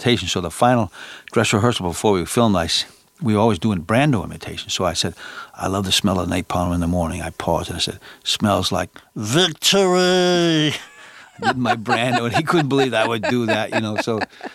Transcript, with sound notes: So the final dress rehearsal before we filmed this, we were always doing Brando imitations. So I said, I love the smell of napalm in the morning. I paused, and I said, smells like (imitating Marlon Brando) victory.
(Laughter).
My Brando - he couldn't believe I would do that, you know?